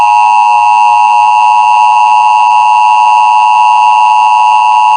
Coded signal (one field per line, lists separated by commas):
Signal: Emergency Alert System (SAME) tones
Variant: 853 and 960 Hz attention tone